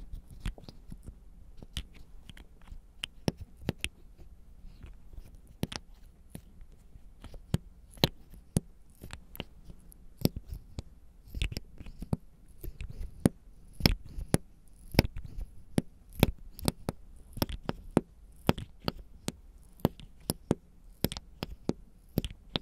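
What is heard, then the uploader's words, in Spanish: Mouth sounds with some hand noises and honey: a dense run of sharp, wet clicks and smacks spread across the whole 23 seconds, irregular and sometimes bunched together. Beneath them sits a soft, low rumble, and now and then a faint sticky patter. Sonidos de boca y algunos de manos y miel.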